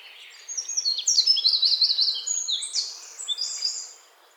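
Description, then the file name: Eurasian wren singing a rapid, high-pitched burst of sharp notes and trills, rattling and tumbling for about three and a half seconds before stopping. "Troglodytes troglodytes"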